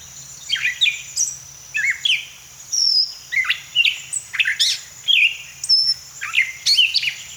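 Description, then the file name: Gray catbird pouring out quick squeaky and mewing phrases, one after another with little rest, while a continuous high-pitched whine runs underneath. "Gray Catbird - Dumetella carolinensis"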